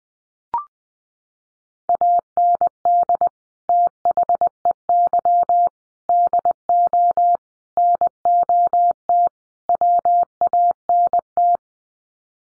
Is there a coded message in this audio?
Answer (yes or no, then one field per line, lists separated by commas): yes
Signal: Morse code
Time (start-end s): 1.9-11.6 s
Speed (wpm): 20 wpm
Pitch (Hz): 700 Hz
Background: none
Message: AND THEY DO NOT WANT